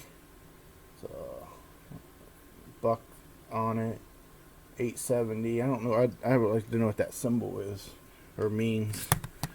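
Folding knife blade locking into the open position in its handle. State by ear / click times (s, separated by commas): seated / 1.0 s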